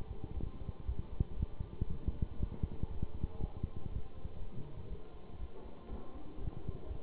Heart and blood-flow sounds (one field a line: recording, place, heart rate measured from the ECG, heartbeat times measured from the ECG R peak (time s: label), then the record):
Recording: heart sounds by stethoscope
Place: between the tricuspid and mitral areas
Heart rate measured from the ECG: 120 bpm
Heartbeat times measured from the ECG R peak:
0.33 s: heartbeat
0.85 s: heartbeat
1.35 s: heartbeat
1.86 s: heartbeat
2.37 s: heartbeat
2.87 s: heartbeat
3.37 s: heartbeat
3.88 s: heartbeat
4.38 s: heartbeat
4.88 s: heartbeat
5.38 s: heartbeat
5.87 s: heartbeat
6.37 s: heartbeat
6.85 s: heartbeat
From the record:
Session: Bruce protocol treadmill stress test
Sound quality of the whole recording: good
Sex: male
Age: 23 years